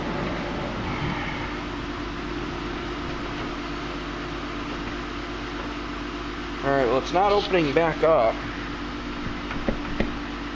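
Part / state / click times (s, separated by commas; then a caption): rear latch of a power sliding door on a minivan / partly seated / 10.0 s. The power sliding door of a Honda Odyssey minivan closes on its own motor, and its rear latch catches with a single sharp click at 10.0 s over a steady hum, with someone talking shortly before. The latch catches but does not seat all the way, and the dash still shows the rear door open.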